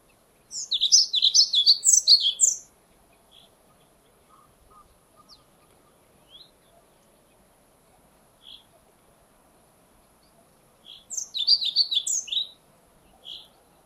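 Pied flycatcher singing two short high, jingling phrases about ten seconds apart, with a few faint single notes between.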